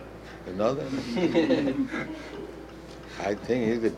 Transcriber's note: laughter